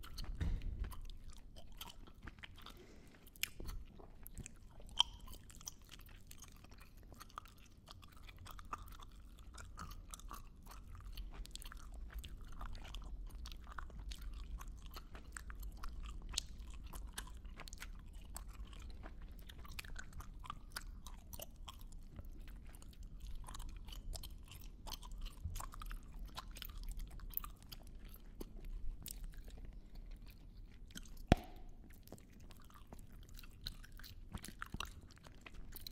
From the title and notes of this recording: Chewing Gum Sounds. Chew some gum in front of the mic.